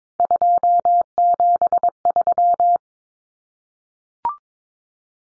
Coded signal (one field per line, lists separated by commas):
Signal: Morse code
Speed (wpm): 22 wpm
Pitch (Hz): 700 Hz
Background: none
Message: 273